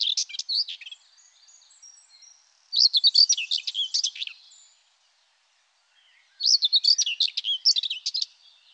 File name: Fauvette grisette